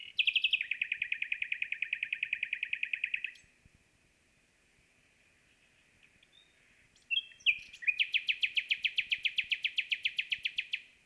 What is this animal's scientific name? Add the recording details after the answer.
Luscinia megarhynchos. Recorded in the wild. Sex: male. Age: adult. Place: Bielefeld-Heepen, Nordrhein-Westfalen, DE. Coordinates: 52.03, 8.58861. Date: 1965-05-09. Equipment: Uher 4000 Report-S, Bändchenmikro Beyer M 260, Parabolspiegel Polyester (470 mm). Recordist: Conrads, Klaus